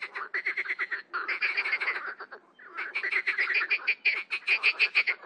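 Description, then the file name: Marsh frogs calling together, rapid pulsed croaking trains run almost without pause, with a short gap near the middle. "grenouille rieuse"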